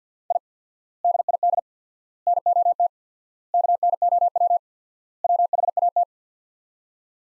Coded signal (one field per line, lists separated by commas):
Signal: Morse code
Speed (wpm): 50 wpm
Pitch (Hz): 700 Hz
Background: none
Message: I DID NOT KNOW WHAT